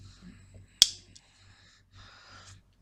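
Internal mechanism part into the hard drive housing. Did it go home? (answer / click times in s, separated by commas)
yes / 0.8 s, 1.2 s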